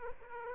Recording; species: mosquito wingbeat signal from an infrared sensor; Aedes aegypti